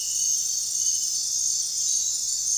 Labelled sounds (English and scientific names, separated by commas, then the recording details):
none
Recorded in dense forest near Puerto Asís, Putumayo, Colombia, on 23 June 2025 at 22:00
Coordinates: 0.466, -76.327
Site GP04